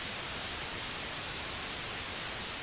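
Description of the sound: Steady, unbroken rushing hiss: a simulation of tinnitus, the constant noise in the ear, here a quiet, whispering noise like a babbling brook.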